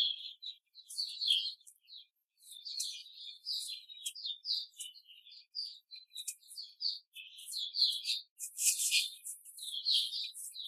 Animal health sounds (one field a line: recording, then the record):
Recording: young laying hens in a cage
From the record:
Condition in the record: control cage, before the stress test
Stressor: none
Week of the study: 4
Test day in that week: 3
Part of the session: 1